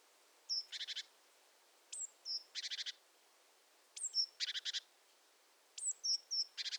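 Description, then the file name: Great tit calls: high sliding pips leading into short harsh churrs, repeated roughly every two seconds. "Parus major"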